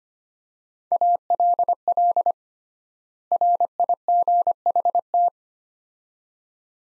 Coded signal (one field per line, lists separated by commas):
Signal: Morse code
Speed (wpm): 25 wpm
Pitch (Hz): 700 Hz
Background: none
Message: ALL RIGHT